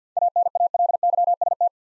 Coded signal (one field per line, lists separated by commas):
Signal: Morse code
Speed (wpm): 52 wpm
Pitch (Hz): 700 Hz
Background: none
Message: ANALYST